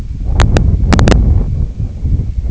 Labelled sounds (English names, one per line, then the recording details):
none
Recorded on Arctic tundra, site IGLO-D, on 25 June 2018
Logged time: 08:00